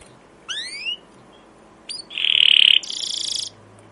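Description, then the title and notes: Canary song: a quick rising whistled sweep, a pause, then a loud buzzy note running into a rapid rattling trill. Captive canaries; long continuous chirping "cuit cuit" rolling song, used as a tutor recording to provoke and teach young canaries to sing. "CUIT CUIT NGEROL LANGSUNG GACOR PANJANG Kenari Ini AMPUH Utk Pancingan KENAR. PANCINGAN Kenari GACOR PANJANG Cuit CUIT EMOSI ini AMPUH utk MASTERAN Kenari PAUD belajar BUNYI. burung kenari"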